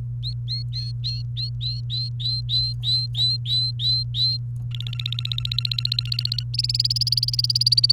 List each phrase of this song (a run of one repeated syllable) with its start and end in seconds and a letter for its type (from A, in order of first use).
0.23-4.37 A, 4.71-6.43 B, 6.54-7.92 C